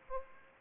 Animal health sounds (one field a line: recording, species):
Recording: mosquito wingbeat signal from an infrared sensor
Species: Aedes aegypti